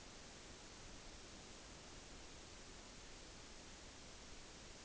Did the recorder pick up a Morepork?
no